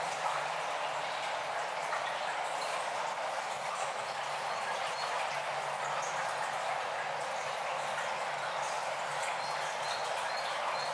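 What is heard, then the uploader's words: Water flows steadily through a cave, a dense, even wash of trickling and splashing that holds the same level throughout. The sound sits mostly in the bright middle range with little low rumble, and faint high chirps or drips surface now and then. Gently Flowing Through The Cave. Water and nature sounds.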